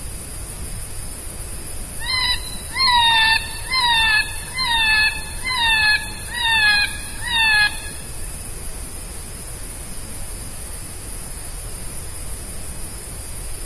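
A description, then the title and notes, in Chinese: Birds call and insects buzz in a jungle. From about two to eight seconds a bird repeats a series of bright, descending whistled notes, roughly one per second. Throughout, a dense, steady hiss of insects fills the high range. 丛林里的鸟叫和虫鸣_美国马萨诸塞州。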